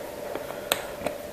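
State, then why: Not seated. The pin-lock quick-disconnect on the drinking tube of a Ryda hydration pack is handled where it couples into the hydration bladder. Faint clicks come at about 0.4 and 0.5 seconds, a sharp loud tick at 0.7 seconds, and another click at 1.1 seconds over a steady low hum. The tube is not yet back in, and nothing has seated or clicked home yet.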